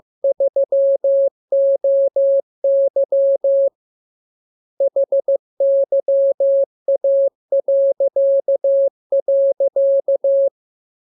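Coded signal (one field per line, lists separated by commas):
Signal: Morse code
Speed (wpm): 15 wpm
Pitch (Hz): 550 Hz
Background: none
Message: 3OY HYA..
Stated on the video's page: Morse code lesson 38 of 42 for amateur radio receiving practice: radiogram opening with VVV and a section sign, ending with AR.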